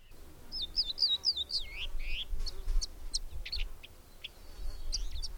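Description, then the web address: Bird song: a lively run of high looping, twittering notes, then scattered chirps and a faint thin whistle. "madarak enek"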